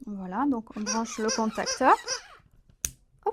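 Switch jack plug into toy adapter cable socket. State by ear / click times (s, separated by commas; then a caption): seated / 2.8 s. A switch's jack plug is pushed into the socket of the adapter cable fitted to a battery-powered toy while someone talks. A sharp click at 2.8 s marks the plug seating, and a softer brief sound follows at 3.3 s.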